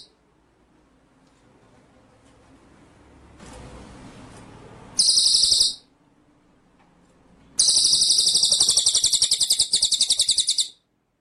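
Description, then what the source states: White-rumped shama giving a short high rattling burst and then a longer buzzy trill of about three seconds, separated by a quiet gap. Masteran (training) song of white-rumped shama; full ngerol nembak style.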